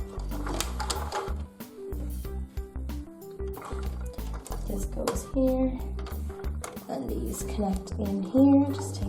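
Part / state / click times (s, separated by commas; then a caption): plastic part into toy pirate ship / not seated / none. A plastic part is being connected into a toy pirate ship by hand while someone talks over background music. Light plastic handling taps are heard, but the part has not clicked or seated yet.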